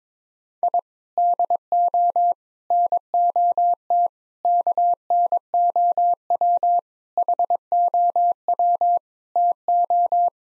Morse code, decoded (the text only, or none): I DO NOT KNOW HOW TO